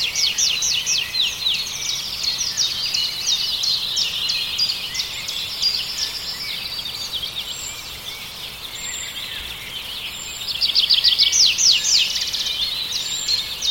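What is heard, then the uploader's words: Spring birdsong fills the clip with dense, bright chirps and rapid trills that run almost continuously, overlapping from several birds. The chorus thins slightly in the middle, then swells again near the end with a louder trilling. A faint, steady hush sits underneath. Natural Sounds of Spring Birdsong.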